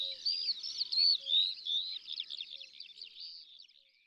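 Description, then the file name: Eurasian skylark singing a fast, unbroken run of high twittering and trilled phrases that gradually fades toward the end, with a few soft low notes underneath. In the countryside. "Alouette des champs Chants doiseaux dans la campagne"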